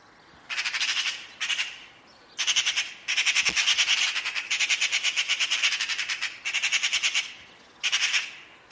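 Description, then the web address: Bird producing repeated bursts of rapid, buzzy rattling notes, some brief and one long run lasting about three seconds. "Bird Only More Classes Pi Pi Pi Pi"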